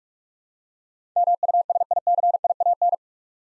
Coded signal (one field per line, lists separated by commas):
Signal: Morse code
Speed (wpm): 46 wpm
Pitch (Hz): 700 Hz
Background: none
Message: MUSICIAN